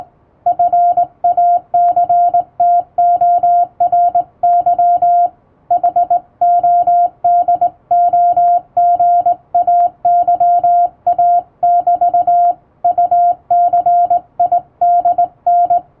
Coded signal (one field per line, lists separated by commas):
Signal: Morse code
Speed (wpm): 19 wpm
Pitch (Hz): 700 Hz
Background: music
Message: FACTORY HODOGAYA<BT>UCIDN